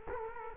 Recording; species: mosquito wingbeat signal from an infrared sensor; Culex quinquefasciatus